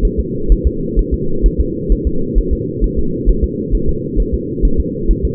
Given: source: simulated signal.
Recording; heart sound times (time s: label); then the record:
fetal heart sounds
0.05 s: S1
0.20 s: S2
0.52 s: S1
0.67 s: S2
0.99 s: S1
1.14 s: S2
1.46 s: S1
1.60 s: S2
1.92 s: S1
2.07 s: S2
2.39 s: S1
2.53 s: S2
2.84 s: S1
2.99 s: S2
3.30 s: S1
3.44 s: S2
3.75 s: S1
3.89 s: S2
4.20 s: S1
4.34 s: S2
4.65 s: S1
4.80 s: S2
5.11 s: S1
5.25 s: S2
From the record:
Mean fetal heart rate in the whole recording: 130 bpm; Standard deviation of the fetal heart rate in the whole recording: 2 bpm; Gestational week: 36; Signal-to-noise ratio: -8.1 dB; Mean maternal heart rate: 72 bpm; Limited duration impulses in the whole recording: absent